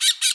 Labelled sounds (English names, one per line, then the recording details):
Brown-throated Parakeet contact call
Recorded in Bonaire
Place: just S of turnoff to Cai, near Lac Bay
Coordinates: 12.126, -68.239